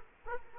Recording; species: mosquito wingbeat signal from an infrared sensor; Culex quinquefasciatus